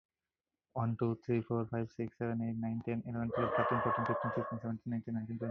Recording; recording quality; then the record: counting at a fast pace; moderate, slight background noise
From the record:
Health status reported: healthy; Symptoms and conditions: hypertension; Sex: male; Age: 29 years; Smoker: not ticked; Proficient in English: yes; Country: India